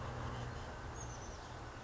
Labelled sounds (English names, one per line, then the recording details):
Oak Titmouse
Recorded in Sonoma County, California